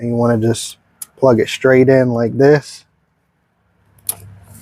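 The plastic electrical connector is plugged straight onto the terminal of a Sylvania H7 LED Powersport headlight bulb in a 2003-2017 BMW X3 (E83). Someone talks during the first few seconds, then there is a quiet pause. A faint tick comes at 4.0 s, followed by a sharp click at 4.1 s as the connector seats on the bulb.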